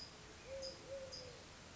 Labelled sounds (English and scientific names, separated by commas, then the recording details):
Eurasian Collared Dove (Streptopelia decaocto)
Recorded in Sonoma County, California